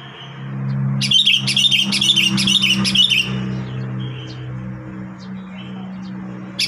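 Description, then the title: Sooty-headed bulbul pouring out a run of bright, bubbly warbled notes for about two seconds, with a steady low engine drone underneath. "Kutilang"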